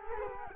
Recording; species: mosquito wingbeat signal from an infrared sensor; Culex quinquefasciatus